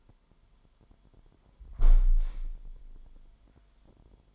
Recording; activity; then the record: daily activity, microphone in the room; close window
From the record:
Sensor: 5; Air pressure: 998.6 hPa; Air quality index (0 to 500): 106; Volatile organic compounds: 2 ppm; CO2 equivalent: 1218 ppm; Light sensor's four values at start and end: 42/103/42/48 and 41/102/42/48